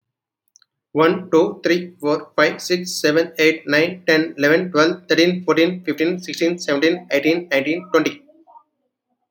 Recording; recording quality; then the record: counting at a fast pace; excellent, no background noise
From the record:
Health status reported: healthy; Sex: male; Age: 45 years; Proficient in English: yes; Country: India